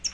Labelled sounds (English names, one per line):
Pine Warbler flight call